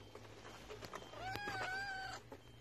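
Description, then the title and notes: Siamese cat giving one drawn-out, slightly wavering meow of about a second, over a low steady hum and light rustling. Pet named Bartolo, just taken from the vet in a box, giving its first meows when the box was opened on a car seat at first meeting. "Mi primer encuentro con Bartolo. mi querido gato siames Bartolo. me dio sus primeros maullidos"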